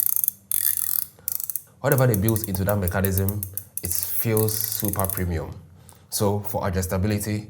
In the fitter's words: you can actually swivel the head and it clicks in place with a really satisfying feel.